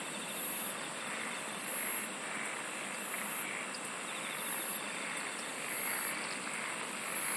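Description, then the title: Insect song of loud high buzzy bursts, each short and repeated regularly, over a steady shrill chorus. "SINGING OF INSECTS"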